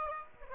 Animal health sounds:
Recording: mosquito wingbeat signal from an infrared sensor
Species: Aedes aegypti

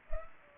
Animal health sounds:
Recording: mosquito wingbeat signal from an infrared sensor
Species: Culex pipiens

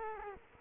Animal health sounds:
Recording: mosquito wingbeat signal from an infrared sensor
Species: Culex quinquefasciatus

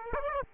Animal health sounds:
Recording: mosquito wingbeat signal from an infrared sensor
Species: Aedes aegypti

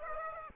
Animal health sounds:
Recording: mosquito wingbeat signal from an infrared sensor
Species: Aedes aegypti

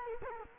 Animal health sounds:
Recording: mosquito wingbeat signal from an infrared sensor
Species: Culex quinquefasciatus

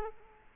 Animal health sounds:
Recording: mosquito wingbeat signal from an infrared sensor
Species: Culex quinquefasciatus

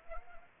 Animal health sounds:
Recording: mosquito wingbeat signal from an infrared sensor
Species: Anopheles arabiensis

